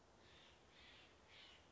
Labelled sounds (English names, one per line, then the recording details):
Steller's Jay
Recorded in Sonoma County, California